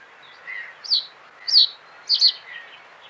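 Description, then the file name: Reed bunting song, a loose series of high slurred notes ending in a doubled note, over soft background hiss. "ovsjanka kamyshovaja"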